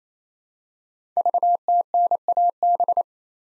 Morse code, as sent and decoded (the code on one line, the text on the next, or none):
...- - -. .- -...
VTNAB